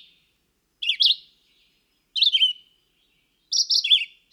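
Red-eyed Vireo singing brief, slurred whistled phrases, each one different from the last, spaced roughly 1.3 seconds apart in a steady, deliberate series.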